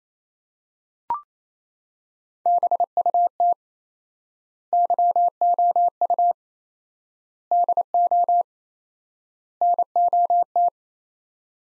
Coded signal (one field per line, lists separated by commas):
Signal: Morse code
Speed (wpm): 28 wpm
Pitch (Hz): 700 Hz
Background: none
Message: BUT YOU DO NOT